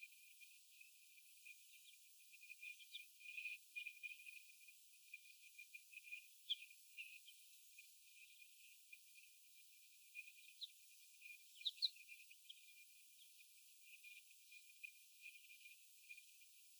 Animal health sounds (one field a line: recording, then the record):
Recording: young laying hens in a cage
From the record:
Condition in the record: before the stressor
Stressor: sudden umbrella opening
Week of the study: 1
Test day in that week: 1